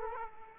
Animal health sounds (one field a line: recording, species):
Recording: mosquito wingbeat signal from an infrared sensor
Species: Aedes aegypti